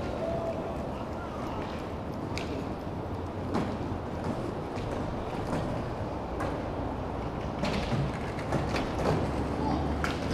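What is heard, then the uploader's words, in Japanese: Skateboard wheels rumble steadily at a skate practice spot, broken by sharp clacks and thuds every second or two, with faint voices underneath. スケボーを練習する音。スケボー練習場の様子を録ってみました。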